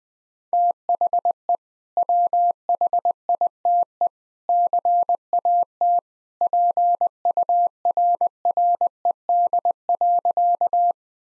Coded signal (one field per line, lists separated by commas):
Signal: Morse code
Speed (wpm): 20 wpm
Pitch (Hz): 700 Hz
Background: none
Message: THE WHITE CAT PURRED.